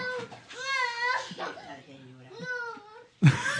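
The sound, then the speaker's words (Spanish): A young girl cries in drawn-out, wavering high-pitched wails broken by short breathy gaps, ending with a sudden loud, harsh burst. “Si no donan, seguirá llorando la niña.”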